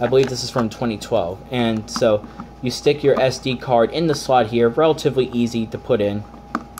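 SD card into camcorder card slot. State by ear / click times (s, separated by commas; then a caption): seated / 6.6 s. An SD memory card is pushed into the card slot of a Craig Electronics pocket digital camcorder from 2012 while someone talks. The spring latch clicks sharply at 6.5 s, followed by a softer click near the end. The card seats correctly.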